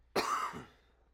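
A single short, sharp adult cough, rough like throat clearing, fading within half a second.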